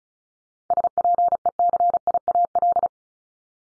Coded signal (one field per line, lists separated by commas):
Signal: Morse code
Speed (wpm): 36 wpm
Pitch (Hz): 700 Hz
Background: none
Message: SPECIAL